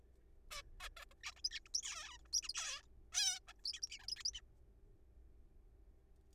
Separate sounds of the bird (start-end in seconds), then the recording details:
0.51-0.62, 0.80-0.89, 0.97-1.05, 1.11-1.14, 1.23-1.32, 1.32-1.34, 1.36-1.41, 1.45-1.49, 1.51-1.59, 1.66-1.68, 1.74-1.82, 1.83-2.17, 2.25-2.27, 2.33-2.41, 2.43-2.48, 2.49-2.53, 2.55-2.82, 3.13-3.39, 3.48-3.52, 3.65-3.73, 3.74-3.80, 3.83-3.89, 3.90-3.98, 4.00-4.06, 4.08-4.15, 4.17-4.23, 4.25-4.31, 4.34-4.40. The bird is a juvenile. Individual R3428